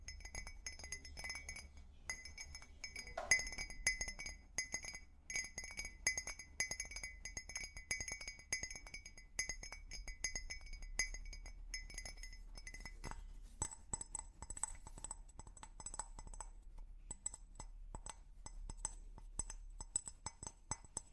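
Tapping on different objects, a fast, steady run of light clinks with a glassy ring that keeps high bright tones hanging. Around thirteen seconds the taps move to a different object with a lower, sparser ping, over a constant low hum underneath.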